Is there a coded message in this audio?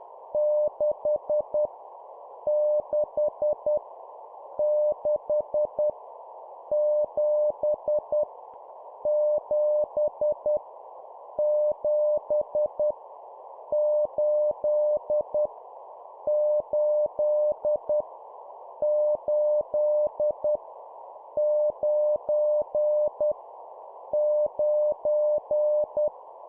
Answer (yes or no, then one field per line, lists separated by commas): yes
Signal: Morse code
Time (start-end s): 0.3-26.1 s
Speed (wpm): 10 wpm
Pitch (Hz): 600 Hz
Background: none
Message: 6 6 6 7 7 7 8 8 8 9 9